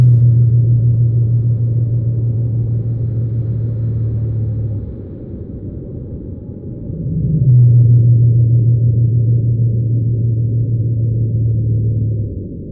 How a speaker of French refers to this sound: Et dans mes enregistrements de Crozet, c'est la deuxième espèce que j'ai enregistrée aussi, la baleine bleue pygmée de Madagascar.